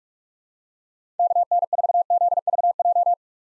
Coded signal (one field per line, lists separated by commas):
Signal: Morse code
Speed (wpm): 41 wpm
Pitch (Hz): 700 Hz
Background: none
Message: KN4ZVJ